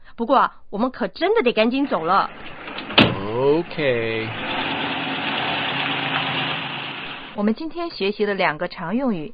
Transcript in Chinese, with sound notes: 不过啊，我们可真得赶紧走了。
(Reluctantly) Ok...
我们今天学习了两个常用语。